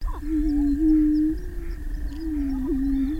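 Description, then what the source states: Greater prairie-chicken giving a low, steady, moaning hoot that wavers slightly in pitch and holds for about three seconds, with faint background hum. Birds watched from observation blinds at a prairie restoration site near Crookston, Minnesota, on May 6th.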